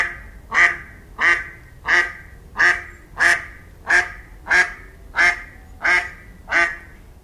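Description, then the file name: Mallard quacking, a series of about ten loud, nasal quacks evenly spaced roughly every two-thirds of a second, with quiet background. "Germano reale Anas platyrhynchos"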